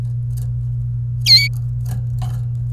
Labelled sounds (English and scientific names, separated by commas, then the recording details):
Domestic Canary (Serinus canaria) song
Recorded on 27 April 2018 at 17:04
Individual llb3